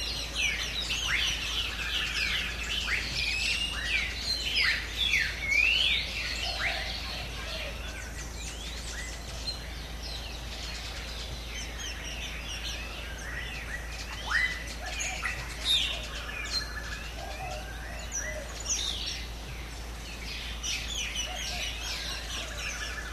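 Tropical birds fill the Mayan jungle of the Yucatan Peninsula with overlapping chirps, whistles and rapid trills, busiest in the first seven seconds and again around fifteen seconds. A steady low hum and soft hiss run beneath the calls throughout.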